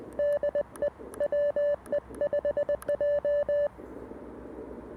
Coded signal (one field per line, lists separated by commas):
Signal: Morse code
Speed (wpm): 20 wpm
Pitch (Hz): 580 Hz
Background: none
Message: DE WE5J